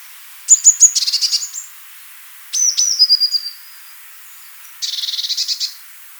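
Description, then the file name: Eurasian blue tit song: high thin notes leading into a trill, repeated in three phrases about two seconds apart, the last a buzzy churring trill. "blaumeise"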